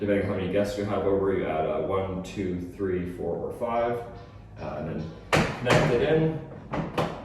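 An extension segment of an expandable bench is being connected into the bench frame while someone talks, with a few short knocks of handling near the end. Nothing has seated or locked into place yet.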